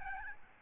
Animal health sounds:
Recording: mosquito wingbeat signal from an infrared sensor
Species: Aedes albopictus

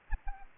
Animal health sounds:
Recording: mosquito wingbeat signal from an infrared sensor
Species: Anopheles gambiae

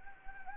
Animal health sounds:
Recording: mosquito wingbeat signal from an infrared sensor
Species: Anopheles gambiae

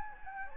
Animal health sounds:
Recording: mosquito wingbeat signal from an infrared sensor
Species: Anopheles gambiae

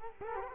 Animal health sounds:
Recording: mosquito wingbeat signal from an infrared sensor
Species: Culex quinquefasciatus

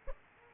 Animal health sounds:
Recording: mosquito wingbeat signal from an infrared sensor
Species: Aedes aegypti

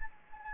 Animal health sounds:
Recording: mosquito wingbeat signal from an infrared sensor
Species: Anopheles gambiae

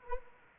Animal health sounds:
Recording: mosquito wingbeat signal from an infrared sensor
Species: Anopheles arabiensis

